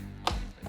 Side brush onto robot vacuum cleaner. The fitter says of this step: this little brush here until it clicks and we are with that after